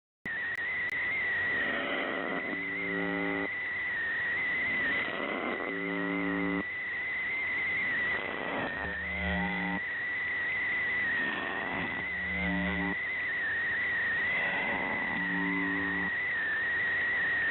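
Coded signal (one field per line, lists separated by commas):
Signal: channel marker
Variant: UVB-76 (The Buzzer)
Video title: увб 76 какой-то свист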